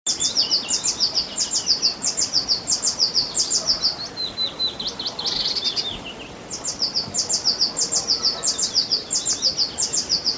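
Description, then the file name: Eurasian blue tit singing fast repeated high notes in bursts, a short buzzy trill in the middle, then the rapid high phrases resume steadily. "Cyanistes caeruleus"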